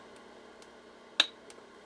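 A pattern cam (cam K) is slid into the cam stack at the back of a 1960s Husqvarna Viking 6440 sewing machine, then slowly turned and pressed gently onto its mounting point. A single sharp click sounds at 1.2 s, with fainter ticks around it, and the cam is safely seated.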